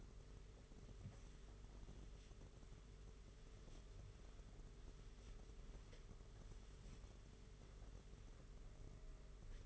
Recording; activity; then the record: daily activity, microphone in the room; wipe stove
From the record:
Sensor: 4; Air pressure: 992.3 hPa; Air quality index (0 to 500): 110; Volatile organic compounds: 19 ppm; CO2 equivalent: 2642 ppm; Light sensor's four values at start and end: 22/76/28/29 and 22/75/27/29